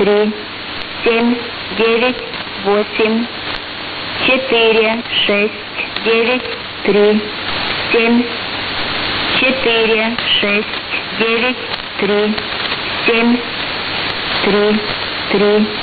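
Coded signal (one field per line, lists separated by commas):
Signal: numbers station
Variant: S06s Russian Lady, Russian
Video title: 16 07 2019 S06s Russian Lady numbers station in Russian to Eu 1110 on 7560 unknown tx site USB+AM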